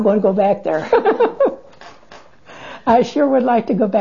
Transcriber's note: they laugh